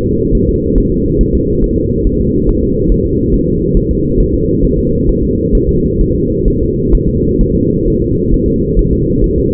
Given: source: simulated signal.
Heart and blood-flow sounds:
fetal heart sounds
0.06 s: S2
0.35 s: S1
0.49 s: S2
0.78 s: S1
0.92 s: S2
1.21 s: S1
1.35 s: S2
1.64 s: S1
1.78 s: S2
2.07 s: S1
2.21 s: S2
2.49 s: S1
2.63 s: S2
2.92 s: S1
3.06 s: S2
3.34 s: S1
3.48 s: S2
3.77 s: S1
3.91 s: S2
4.20 s: S1
4.34 s: S2
4.64 s: S1
4.79 s: S2
5.09 s: S1
5.23 s: S2
5.55 s: S1
5.69 s: S2
6.01 s: S1
6.15 s: S2
6.48 s: S1
6.62 s: S2
6.95 s: S1
7.09 s: S2
7.41 s: S1
7.55 s: S2
7.88 s: S1
8.02 s: S2
8.34 s: S1
8.48 s: S2
8.79 s: S1
8.93 s: S2
9.24 s: S1
9.38 s: S2
From the record:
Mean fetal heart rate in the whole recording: 135 bpm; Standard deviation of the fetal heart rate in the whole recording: 3 bpm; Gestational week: 36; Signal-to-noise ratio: -14.7 dB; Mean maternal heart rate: 72 bpm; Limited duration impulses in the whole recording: present

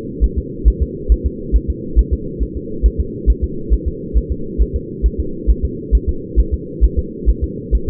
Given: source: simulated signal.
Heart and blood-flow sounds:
fetal heart sounds
0.24 s: S1
0.38 s: S2
0.68 s: S1
0.82 s: S2
1.12 s: S1
1.26 s: S2
1.56 s: S1
1.70 s: S2
1.99 s: S1
2.13 s: S2
2.43 s: S1
2.57 s: S2
2.86 s: S1
3.00 s: S2
3.30 s: S1
3.44 s: S2
3.74 s: S1
3.88 s: S2
4.17 s: S1
4.32 s: S2
4.62 s: S1
4.76 s: S2
5.06 s: S1
5.20 s: S2
5.50 s: S1
5.65 s: S2
5.95 s: S1
6.09 s: S2
6.40 s: S1
6.54 s: S2
6.84 s: S1
6.99 s: S2
7.29 s: S1
7.44 s: S2
7.75 s: S1
7.89 s: S2
From the record:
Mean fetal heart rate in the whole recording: 135 bpm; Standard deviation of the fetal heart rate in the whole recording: 3 bpm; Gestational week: 34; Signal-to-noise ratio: -4.3 dB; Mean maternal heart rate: 72 bpm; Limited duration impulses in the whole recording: absent

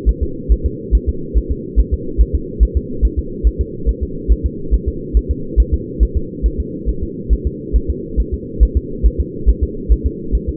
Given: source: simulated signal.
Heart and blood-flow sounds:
fetal heart sounds
0.09 s: S1
0.23 s: S2
0.52 s: S1
0.66 s: S2
0.95 s: S1
1.09 s: S2
1.38 s: S1
1.52 s: S2
1.80 s: S1
1.94 s: S2
2.21 s: S1
2.35 s: S2
2.63 s: S1
2.77 s: S2
3.05 s: S1
3.19 s: S2
3.47 s: S1
3.61 s: S2
3.89 s: S1
4.03 s: S2
4.32 s: S1
4.46 s: S2
4.74 s: S1
4.88 s: S2
5.17 s: S1
5.31 s: S2
5.60 s: S1
5.74 s: S2
6.03 s: S1
6.17 s: S2
6.46 s: S1
6.60 s: S2
6.89 s: S1
7.03 s: S2
7.33 s: S1
7.47 s: S2
7.76 s: S1
7.90 s: S2
8.20 s: S1
8.34 s: S2
8.63 s: S1
8.77 s: S2
9.06 s: S1
9.20 s: S2
9.49 s: S1
9.63 s: S2
9.92 s: S1
10.06 s: S2
10.35 s: S1
10.49 s: S2
From the record:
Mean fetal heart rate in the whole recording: 140 bpm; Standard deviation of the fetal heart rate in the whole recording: 2 bpm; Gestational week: 34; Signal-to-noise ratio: -4.3 dB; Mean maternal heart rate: 72 bpm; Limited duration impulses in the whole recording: absent

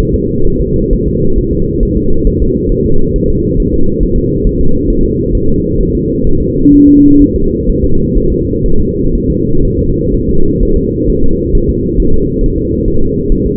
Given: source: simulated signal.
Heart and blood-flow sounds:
fetal heart sounds
0.00 s: S1
0.14 s: S2
0.47 s: S1
0.62 s: S2
0.93 s: S1
1.08 s: S2
1.38 s: S1
1.53 s: S2
1.83 s: S1
1.97 s: S2
2.27 s: S1
2.42 s: S2
2.72 s: S1
2.86 s: S2
3.16 s: S1
3.30 s: S2
3.60 s: S1
3.74 s: S2
4.03 s: S1
4.18 s: S2
4.47 s: S1
4.61 s: S2
4.90 s: S1
5.05 s: S2
5.35 s: S1
5.49 s: S2
5.81 s: S1
5.95 s: S2
6.27 s: S1
6.42 s: S2
6.74 s: S1
6.89 s: S2
7.22 s: S1
7.36 s: S2
7.69 s: S1
7.84 s: S2
8.17 s: S1
8.32 s: S2
8.66 s: S1
8.80 s: S2
9.15 s: S1
9.30 s: S2
9.65 s: S1
9.79 s: S2
10.14 s: S1
10.29 s: S2
10.63 s: S1
10.77 s: S2
11.10 s: S1
11.24 s: S2
11.55 s: S1
11.70 s: S2
12.00 s: S1
12.14 s: S2
12.44 s: S1
12.58 s: S2
12.88 s: S1
13.02 s: S2
13.32 s: S1
13.46 s: S2
From the record:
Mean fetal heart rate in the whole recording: 130 bpm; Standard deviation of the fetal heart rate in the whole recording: 4 bpm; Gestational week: 38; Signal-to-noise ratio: -19.1 dB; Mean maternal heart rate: 72 bpm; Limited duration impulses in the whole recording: present

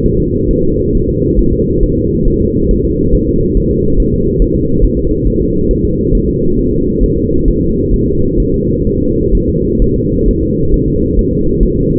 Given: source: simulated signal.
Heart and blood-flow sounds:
fetal heart sounds
0.06 s: S1
0.20 s: S2
0.51 s: S1
0.65 s: S2
0.95 s: S1
1.09 s: S2
1.39 s: S1
1.53 s: S2
1.83 s: S1
1.98 s: S2
2.28 s: S1
2.42 s: S2
2.71 s: S1
2.85 s: S2
3.15 s: S1
3.29 s: S2
3.57 s: S1
3.72 s: S2
4.00 s: S1
4.14 s: S2
4.42 s: S1
4.56 s: S2
4.85 s: S1
4.99 s: S2
5.28 s: S1
5.42 s: S2
5.71 s: S1
5.85 s: S2
6.15 s: S1
6.29 s: S2
6.59 s: S1
6.73 s: S2
7.04 s: S1
7.18 s: S2
7.48 s: S1
7.62 s: S2
7.94 s: S1
8.08 s: S2
8.40 s: S1
8.54 s: S2
8.87 s: S1
9.01 s: S2
9.35 s: S1
9.49 s: S2
9.82 s: S1
9.96 s: S2
10.29 s: S1
10.43 s: S2
10.74 s: S1
10.88 s: S2
11.19 s: S1
11.33 s: S2
11.63 s: S1
11.77 s: S2
From the record:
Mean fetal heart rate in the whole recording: 135 bpm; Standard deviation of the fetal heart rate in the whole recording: 3 bpm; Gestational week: 36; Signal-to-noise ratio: -15.3 dB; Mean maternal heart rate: 72 bpm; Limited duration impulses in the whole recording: present

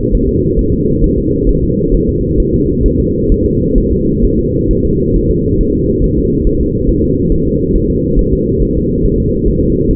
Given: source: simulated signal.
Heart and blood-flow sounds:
fetal heart sounds
0.15 s: S1
0.29 s: S2
0.59 s: S1
0.73 s: S2
1.04 s: S1
1.18 s: S2
1.49 s: S1
1.64 s: S2
1.95 s: S1
2.09 s: S2
2.40 s: S1
2.54 s: S2
2.86 s: S1
3.00 s: S2
3.32 s: S1
3.46 s: S2
3.78 s: S1
3.92 s: S2
4.25 s: S1
4.39 s: S2
4.71 s: S1
4.85 s: S2
5.16 s: S1
5.31 s: S2
5.61 s: S1
5.75 s: S2
6.04 s: S1
6.19 s: S2
6.47 s: S1
6.61 s: S2
6.90 s: S1
7.04 s: S2
7.32 s: S1
7.47 s: S2
7.76 s: S1
7.90 s: S2
8.19 s: S1
8.33 s: S2
8.63 s: S1
8.77 s: S2
9.06 s: S1
9.20 s: S2
9.48 s: S1
9.63 s: S2
9.91 s: S1
From the record:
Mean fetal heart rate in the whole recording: 135 bpm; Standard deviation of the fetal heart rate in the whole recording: 3 bpm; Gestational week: 36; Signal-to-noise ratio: -14.7 dB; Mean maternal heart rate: 72 bpm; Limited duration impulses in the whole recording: present

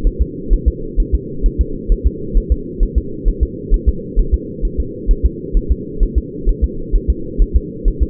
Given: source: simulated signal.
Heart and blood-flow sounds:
fetal heart sounds
0.07 s: S1
0.22 s: S2
0.53 s: S1
0.68 s: S2
1.00 s: S1
1.15 s: S2
1.46 s: S1
1.61 s: S2
1.92 s: S1
2.06 s: S2
2.38 s: S1
2.52 s: S2
2.83 s: S1
2.98 s: S2
3.28 s: S1
3.43 s: S2
3.74 s: S1
3.89 s: S2
4.19 s: S1
4.34 s: S2
4.65 s: S1
4.80 s: S2
5.11 s: S1
5.26 s: S2
5.57 s: S1
5.72 s: S2
6.03 s: S1
6.18 s: S2
6.49 s: S1
6.64 s: S2
6.95 s: S1
7.10 s: S2
7.42 s: S1
7.56 s: S2
7.88 s: S1
8.03 s: S2
From the record:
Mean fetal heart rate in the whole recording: 130 bpm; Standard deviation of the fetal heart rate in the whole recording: 4 bpm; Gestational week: 38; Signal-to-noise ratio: -4.3 dB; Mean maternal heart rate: 72 bpm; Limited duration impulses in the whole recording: absent

